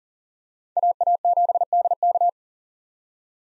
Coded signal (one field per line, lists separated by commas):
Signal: Morse code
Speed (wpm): 40 wpm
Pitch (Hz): 700 Hz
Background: none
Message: AA7DK